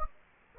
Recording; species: mosquito wingbeat signal from an infrared sensor; Anopheles gambiae